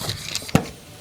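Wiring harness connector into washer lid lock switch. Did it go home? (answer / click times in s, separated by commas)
yes / 0.6 s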